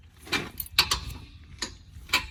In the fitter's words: you hear that little snap, that means it's good.